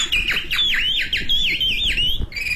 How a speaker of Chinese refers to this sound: 我一进来就听见这鸟叫。 这是我的老师，他教我的。